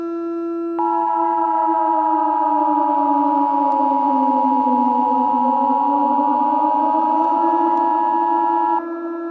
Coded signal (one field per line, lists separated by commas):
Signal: Emergency Alert System (SAME) tones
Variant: 853 and 960 Hz attention tone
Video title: EAS Scenario: The End Of World